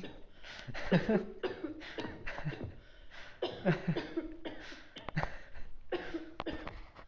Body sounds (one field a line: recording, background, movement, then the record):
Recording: laughter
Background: a bystander coughing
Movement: sitting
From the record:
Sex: male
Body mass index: 20.5 kg/m2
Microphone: on the chest, facing outward